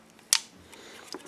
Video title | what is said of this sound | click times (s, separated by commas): 2008 Jeep Grand Cherokee, 3.0L Glow plug diag and repair | hear it click | 0.3 s